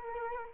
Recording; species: mosquito wingbeat signal from an infrared sensor; Culex quinquefasciatus